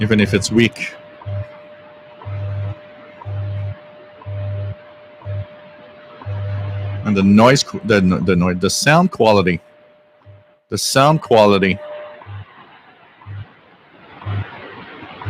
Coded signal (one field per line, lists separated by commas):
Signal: radio time signal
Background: speech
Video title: Live Shortwave radio stream Saturday March 13th 2021